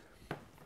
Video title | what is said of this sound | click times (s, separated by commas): Installing a E bike Conversion kit Front Wheel Hub Motor | And you should here a click | 0.3 s